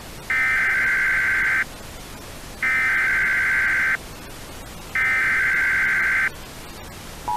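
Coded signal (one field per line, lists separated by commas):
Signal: Emergency Alert System (SAME) tones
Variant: header bursts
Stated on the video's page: Fictional EAS scenario of a California wildfire, based on a real event.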